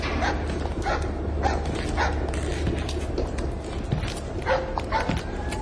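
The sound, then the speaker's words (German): A small, aggressive dog yaps in short, sharp bursts from a Dutch barge moored at the bank at Port de Javel, over a steady low rumble, with a few higher whining tones mixed in. “Von einem holländischen Kahn, der am Ufer festgemacht war, kläffte ein Hund von der bissigen Sorte.”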